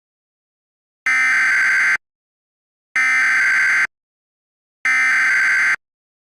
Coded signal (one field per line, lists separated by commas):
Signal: Emergency Alert System (SAME) tones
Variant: header bursts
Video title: Hanazuki: Full Of Treasures Full EAS Scenario